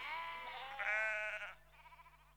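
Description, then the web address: Sheep giving one long quavering bleat that fades into a softer trailing bleat. Rural exterior atmosphere in early evening, with sheep recorded close. "Sound Effects Library Exterior Atmospheres-Rural Backg Sheep Early Evening- Close"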